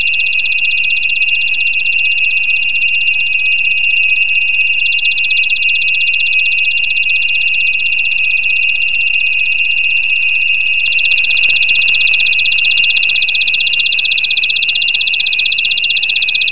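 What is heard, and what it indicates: Computer-generated tinnitus simulation: a steady high-pitched ringing tone with a broad high-frequency hiss above it, the hiss growing louder in steps partway through.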